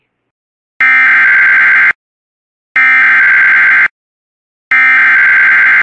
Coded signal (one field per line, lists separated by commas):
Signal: Emergency Alert System (SAME) tones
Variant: header bursts